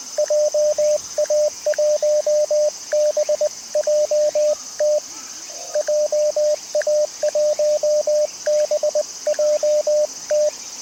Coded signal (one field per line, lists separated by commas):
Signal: Morse code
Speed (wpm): 20 wpm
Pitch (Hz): 590 Hz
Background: radio noise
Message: JA1BJT JA1BJT